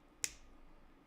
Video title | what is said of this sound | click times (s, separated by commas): **P3-Building the Flying Dutchman: JMBricklayer Company Set - Over 1,100 Pieces & LED Lights** | goes right on the top here and snaps into place here | 0.2 s